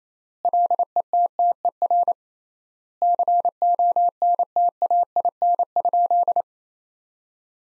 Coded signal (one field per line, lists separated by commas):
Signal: Morse code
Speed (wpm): 28 wpm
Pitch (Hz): 700 Hz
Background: none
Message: LETTER CONTAIN?